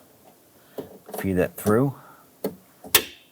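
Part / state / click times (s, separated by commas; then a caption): metal window clip into power window regulator / seated / 3.0 s. A metal window clip is fed through and pushed onto the power window regulator in the door of a 1999–2004 Jeep Grand Cherokee while someone talks. Light knocks are followed by a sharp, loud snap at 2.9 s as the clip seats onto the regulator.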